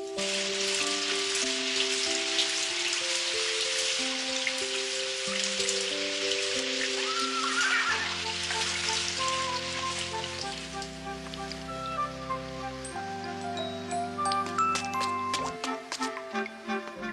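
Steady, dense hiss of falling rain with scattered sharper drips, running the whole time beneath a slow melody of sustained, stepping musical tones.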